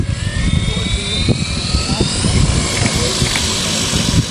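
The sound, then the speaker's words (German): A yellow DHL parcel drone, steered by a pilot from the Bonn bank of the Rhine over the river to deliver medicines, gives a steady whirring rotor drone with high whining tones that slowly glide in pitch, over a dense low rumble with faint murmuring voices mixed in. “Vom Bonner Rheinufer aus steuerte ein Pilot das gelbe Fluggerät über den Fluss.”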